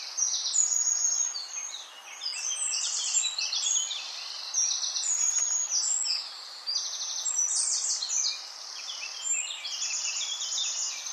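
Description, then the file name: Eurasian wren singing without a break, a dense stream of high, fast trills and chattering phrases packed tightly together throughout. "Troglodytes troglodytes"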